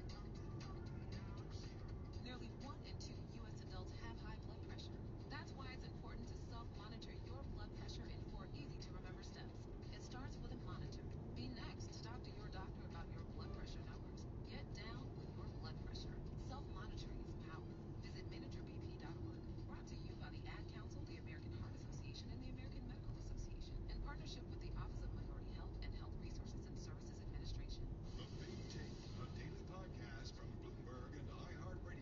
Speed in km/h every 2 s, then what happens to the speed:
36, 36, 39, 40, 41, 42, 42, 43, 44, 44, 45, 42, 37, 32, 36, 38.
0-19 speeds up to 45. 19-26 slows to 32. 26-32 speeds up to 38.